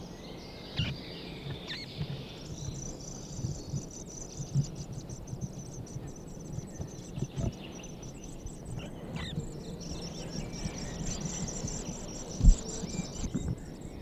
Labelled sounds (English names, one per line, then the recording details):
Eurasian Nuthatch call
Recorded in captivity
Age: immature
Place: Hannover, Tiergarten, Niedersachsen, DE
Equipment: Halbspur, 9,5 cm/s
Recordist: Lütgens, Hans